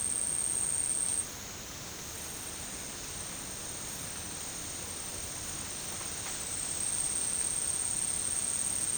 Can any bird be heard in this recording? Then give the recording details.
no. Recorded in secondary vegetation near Puerto Asís, Putumayo, Colombia, on 24 March 2025 at 11:30. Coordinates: 0.502, -76.326. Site G100